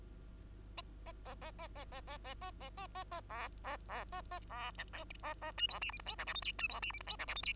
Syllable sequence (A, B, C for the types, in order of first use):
A A A A A A A A A A A A A A B B B A A B C D A A E F G H I J K L M N E F G H I J K L M N